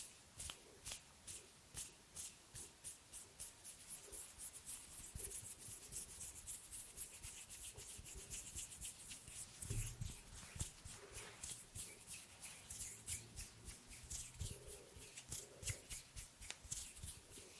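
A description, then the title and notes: Hands rub and brush in quick, fairly regular strokes, a bright scratchy swish repeating about three times a second, with occasional heavier bumps. ASMR Hand sounds No talking.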